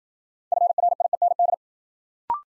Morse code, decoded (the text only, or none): FRIEND